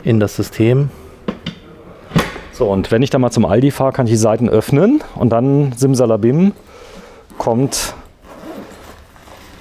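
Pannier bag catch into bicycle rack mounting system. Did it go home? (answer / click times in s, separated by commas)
yes / 1.3 s, 1.5 s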